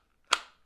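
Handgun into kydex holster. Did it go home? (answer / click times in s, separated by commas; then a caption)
yes / 0.3 s. A handgun is pushed into a We the People Kydex inside-waistband holster made specifically for that gun. It snaps into the retention with a single sharp, bright click at 0.3 s that rings briefly and fades. The pistol is seated, and the firm click marks good retention.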